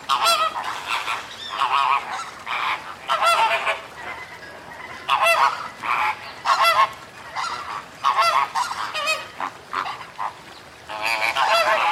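Bird honks, a flock calling in loud nasal bursts, overlapping and uneven in rhythm.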